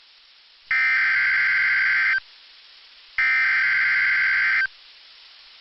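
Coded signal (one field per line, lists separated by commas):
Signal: Emergency Alert System (SAME) tones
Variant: header bursts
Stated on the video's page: Severe Thunderstorm Watch alert issued by the Storm Prediction Center for northeast South Carolina and southeast North Carolina; real, valid EAS tones.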